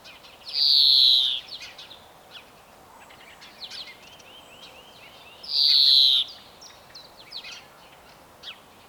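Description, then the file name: European greenfinch song: two long wheezing buzzes about five seconds apart, separated by twittering chirps and a short rippling trill. "Chloris chloris"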